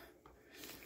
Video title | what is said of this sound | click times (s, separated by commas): Pet Stroller Assembly Part 1 | they say it clicks but i never heard it okay so then | none